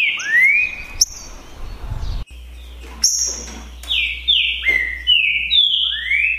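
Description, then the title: Green-winged saltator singing rich slurred whistles, a short gap, then a string of falling and rising whistled notes over a steady low hum. Song contest between two birds named Naval and Demolidor, 2022 season. "É UMA DISPUTA DE TRINCA FERRO PERFEITA!! NAVAL VS DEMOLIDOR 2022!"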